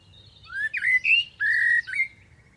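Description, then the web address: Bird calls: a few short rising notes, then a longer flat note and a final short note. "cianscape birddata Deverinetal 2025 Bird Only Tu Me"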